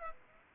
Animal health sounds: mosquito wingbeat signal from an infrared sensor; Aedes aegypti

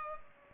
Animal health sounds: mosquito wingbeat signal from an infrared sensor; Culex pipiens

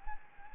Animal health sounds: mosquito wingbeat signal from an infrared sensor; Anopheles gambiae

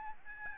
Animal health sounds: mosquito wingbeat signal from an infrared sensor; Aedes albopictus

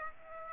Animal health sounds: mosquito wingbeat signal from an infrared sensor; Aedes aegypti

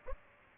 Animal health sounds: mosquito wingbeat signal from an infrared sensor; Aedes aegypti

